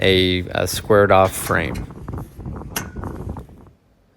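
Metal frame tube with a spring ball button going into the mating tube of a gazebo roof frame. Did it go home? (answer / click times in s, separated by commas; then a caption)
yes / 2.8 s. Someone talks while joining the metal J frame tubes of an Allen and Roth gazebo (item 0875051, model GF-18S11B2) into the mating tubes of the roof frame, pressing the spring ball button on each. A series of short clinks and taps follows, with the loudest snap at 2.8 s. The joint clicks into place, seated, forming a squared-off frame.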